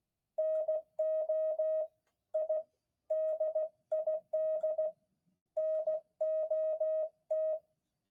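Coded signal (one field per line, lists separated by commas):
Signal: Morse code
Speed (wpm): 16 wpm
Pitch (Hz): 630 Hz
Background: none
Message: NO I DID NOT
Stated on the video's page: Morse practice with friends; rough recording with poor audio.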